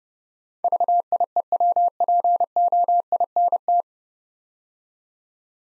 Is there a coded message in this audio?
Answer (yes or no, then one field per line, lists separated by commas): yes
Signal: Morse code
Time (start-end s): 0.6-3.8 s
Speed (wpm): 30 wpm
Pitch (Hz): 700 Hz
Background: none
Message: VIEWPOINT